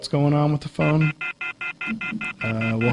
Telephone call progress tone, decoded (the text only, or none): off-hook warning tone